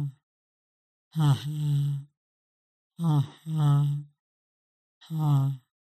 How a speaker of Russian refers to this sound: Ха-ха, ха-ха, ха-ха. Это, по сути, легкий горячий выдох небом после короткого вдоха носом. Только не закрывайте рот.